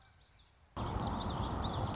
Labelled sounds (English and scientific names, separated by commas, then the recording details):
Common Yellowthroat (Geothlypis trichas)
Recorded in Sonoma County, California